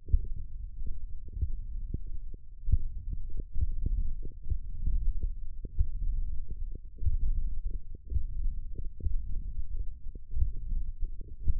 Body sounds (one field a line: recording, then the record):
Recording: forearm muscle sounds (acoustic myography)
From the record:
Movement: finger pinch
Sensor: system 1, eight BSWA MPA416 microphones around the upper forearm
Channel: 6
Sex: male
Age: 21 years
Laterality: right